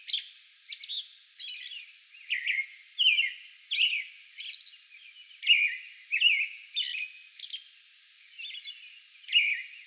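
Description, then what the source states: American robin giving a string of slurred whistled phrases, steady and repeated, punctuated by faint high-pitched notes. Song bout recorded May 11.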